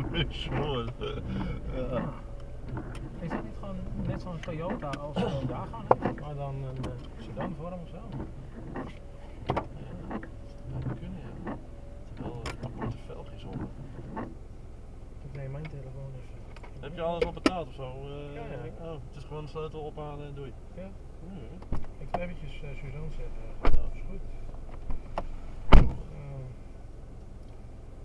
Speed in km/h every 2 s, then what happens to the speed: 1, 0, 0, 0, 0, 0, 0, 0, 0, 0, 0, 0, 0, 0.
0-28 standing.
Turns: none.